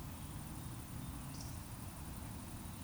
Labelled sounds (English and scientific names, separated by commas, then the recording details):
Eurasian Woodcock (Scolopax rusticola) whistle
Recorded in Baden-Württemberg, Germany, on 24 June 2020 at 19:41 UTC
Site 44173, 218 m above sea level